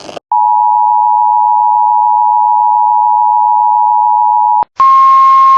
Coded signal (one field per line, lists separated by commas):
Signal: Emergency Alert System (SAME) tones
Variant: 853 and 960 Hz attention tone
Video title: IEMBot Jumpscares are a thing..? EAS Alerts from 3/11/2026 (EAS #161-#169)